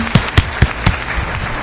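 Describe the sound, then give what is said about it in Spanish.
Audience applause for all those listening to the program, opening with four sharp, evenly spaced claps in rhythm before settling into a steady, fairly loud patter of clapping hands. No one speaks over it. “Por favor, un aplauso para todos.”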